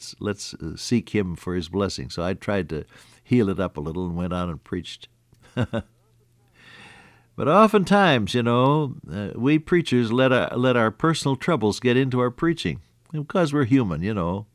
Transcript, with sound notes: Let’s, let’s seek Him for His blessings.” So I tried to heal it up a little, and went out and preached. (Laughs) But oftentimes you know, we preachers let our, let our personal troubles get into our preaching because we’re human, you know.